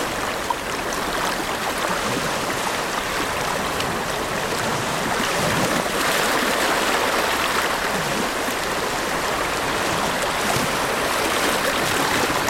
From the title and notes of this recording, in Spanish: Suaves Olas Oceánicas en la Arena. Bienvenidos a la playa aislada, donde el sol lentamente da paso a una tarde crepuscular. Grabado en la serena playa de Muir en el condado de Marin, enfrentando la vasta extensión del este. Cada ola acaricia suavemente la arena.